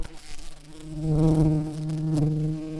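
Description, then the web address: Red-shanked carder bee queen buzzing: a low, rich drone that swells in loudness after a second and wavers slightly in pitch. "Ruderarius queens"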